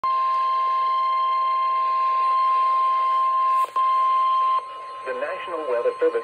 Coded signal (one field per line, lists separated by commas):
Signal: Emergency Alert System (SAME) tones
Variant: 1050 Hz attention tone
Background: speech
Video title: EAS #62 (SVR)